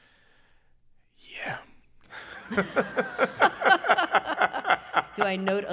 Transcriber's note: laughter